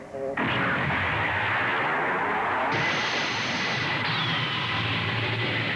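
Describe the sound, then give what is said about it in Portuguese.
The charged Laguna energy cannon fires in the anime Guerreiras Mágicas de Rayearth (Brazilian Portuguese dub) with a sudden loud blast that swells into a continuous, harsh roaring beam, its tone brightening and shifting in steps as it keeps blazing for several seconds. “Canhão carregado, pronto para disparar.”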